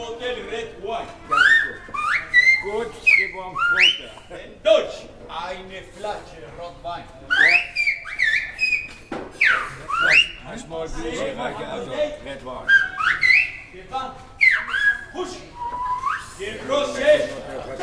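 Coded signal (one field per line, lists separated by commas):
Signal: whistled language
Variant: Silbo Gomero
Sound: rising and falling whistled glides alternating with spoken voice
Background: speech, indoor room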